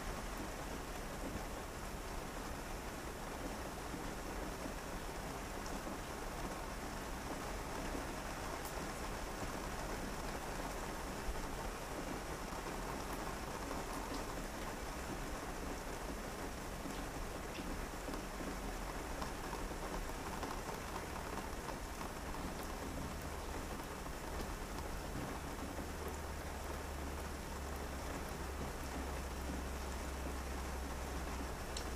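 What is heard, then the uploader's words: Rain falls steadily against a window at night, a dense, even patter that holds at the same level for the whole stretch. Scattered brighter drops tick through the hiss, while a low, soft rumble sits underneath, growing a little stronger near the end. Rain on window by night time.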